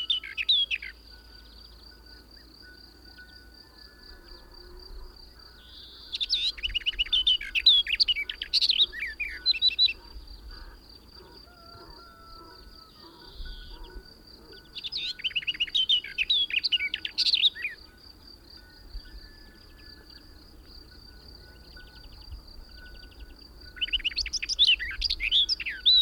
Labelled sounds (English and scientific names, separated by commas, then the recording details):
Barred Warbler (Sylvia nisoria) song
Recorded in the wild
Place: Kardžali, Khaskovo, BG
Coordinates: 41.634, 25.378
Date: 1974-05-30
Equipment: Nagra III BH, Sennheiser MD 21, parabola
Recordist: Schubert, Michael
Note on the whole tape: Gesang Sperbergrasmücke